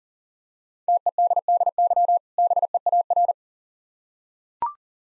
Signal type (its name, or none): Morse code